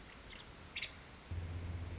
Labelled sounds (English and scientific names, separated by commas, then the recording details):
Nuttall's Woodpecker (Dryobates nuttallii)
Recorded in Sonoma County, California